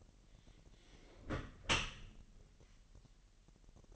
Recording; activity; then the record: daily activity, microphone in the room; close dishwasher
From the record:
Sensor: 4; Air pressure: 1001.4 hPa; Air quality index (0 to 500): 248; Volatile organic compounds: 41 ppm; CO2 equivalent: 3165 ppm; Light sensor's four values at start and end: 8/17/7/6 and 8/17/7/6